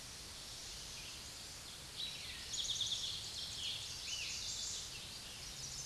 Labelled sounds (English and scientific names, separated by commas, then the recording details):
Eastern Towhee (Pipilo erythrophthalmus) song
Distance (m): 40 m
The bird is about 5 m above the microphone
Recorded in a Pennsylvania forest on 16 May 2024 at 06:07
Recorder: AudioMoth, point MSD-2376
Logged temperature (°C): 16.7 °C
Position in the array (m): 110 m, 6 m